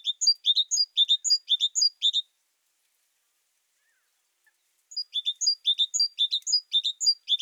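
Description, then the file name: Great tit: two bursts of quick, high-pitched chirping notes, each about two seconds long, split by a silent gap. "Parus major"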